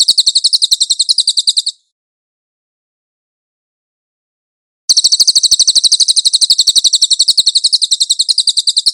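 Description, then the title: Cililin song: a high, rattling trill ends, then after roughly three seconds of quiet another fast, steady trill of sharp notes begins. "MASTER SUARA BURUNG CILILIN"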